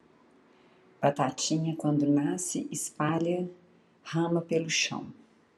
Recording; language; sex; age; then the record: short text; Brazilian Portuguese; female; 50 to 59 years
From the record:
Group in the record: control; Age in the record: 50 years